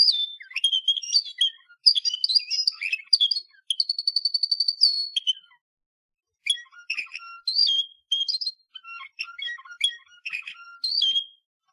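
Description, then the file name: Canary warbling in bursts, with a steady rapid trill near the middle, a pause of about a second, then more chirpy phrases. "Canary Voice"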